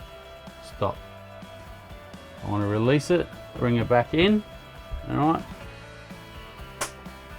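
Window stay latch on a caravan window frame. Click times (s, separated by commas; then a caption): 6.8 s. The window stay latch on the window frame of an MDC XT15PT offroad caravan is released from its open position while someone talks, and the window is brought back in. A short sharp click at 6.8 s marks the stay locking back into place, confirming the window is seated.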